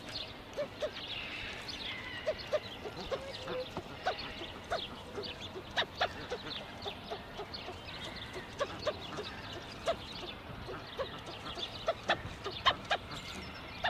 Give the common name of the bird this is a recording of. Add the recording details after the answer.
Spur-winged Goose. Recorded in captivity. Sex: male. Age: adult. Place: Tierpark Berlin, Berlin, DE. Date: 1966-04-30 17:00. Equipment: Uher 4000 Report-S, Transistorverstärker II, Sennheiser MD 421. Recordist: Tembrock, Günter